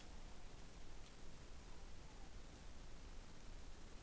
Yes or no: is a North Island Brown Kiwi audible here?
no